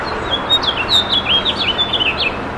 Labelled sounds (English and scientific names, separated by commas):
House Finch (Haemorhous mexicanus) song